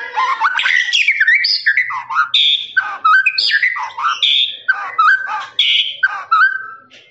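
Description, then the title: Lovebird chattering song of harsh squeaks and short whistled slurs, delivered in quick bursts with brief gaps. Lovebird's long ngekek song, used as a master recording for training birds. "FULL DURASI MASTERAN LOVEBIRD NGEKEK PANJANG"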